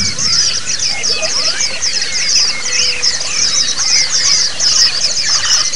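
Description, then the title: White-eye chorus: rapid, thin chirping phrases repeating in close clusters, high-pitched, with brief slurred whistles mixed in over a faint hum. Therapy song in the ombyokan (group) style. "Suara Terapi Pleci Ombyokan"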